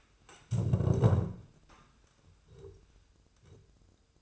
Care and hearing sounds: daily activity, microphone in the room; stand up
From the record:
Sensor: 2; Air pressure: 1005.0 hPa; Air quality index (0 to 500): 101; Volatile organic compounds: 2 ppm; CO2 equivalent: 1220 ppm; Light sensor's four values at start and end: 8/18/7/7 and 7/16/7/7

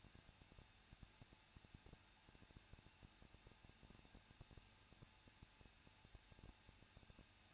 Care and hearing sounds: daily activity, microphone in the room; no activity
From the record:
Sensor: 2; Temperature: 20.9 degrees Celsius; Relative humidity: 37.6%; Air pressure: 1006.3 hPa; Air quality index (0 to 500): 224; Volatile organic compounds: 26 ppm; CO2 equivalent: 2858 ppm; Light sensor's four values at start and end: 2/3/2/2 and 2/3/2/2

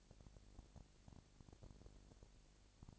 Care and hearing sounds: daily activity, microphone in the room; no activity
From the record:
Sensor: 5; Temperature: 20.1 degrees Celsius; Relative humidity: 38.2%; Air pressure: 998.9 hPa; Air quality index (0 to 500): 218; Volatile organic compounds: 24 ppm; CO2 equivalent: 2811 ppm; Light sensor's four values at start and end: 2/3/1/1 and 2/3/1/1

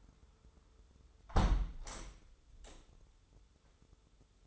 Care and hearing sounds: daily activity, microphone in the room; close window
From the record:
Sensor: 3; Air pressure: 995.7 hPa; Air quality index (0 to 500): 93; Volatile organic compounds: 11 ppm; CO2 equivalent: 2304 ppm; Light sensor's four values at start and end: 28/83/35/30 and 27/82/34/30

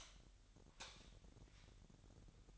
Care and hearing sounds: daily activity, microphone in the room; light off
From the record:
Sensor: 3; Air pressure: 1011.9 hPa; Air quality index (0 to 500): 228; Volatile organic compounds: 4 ppm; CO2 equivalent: 1696 ppm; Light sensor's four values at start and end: 16/39/16/16 and 13/31/13/13

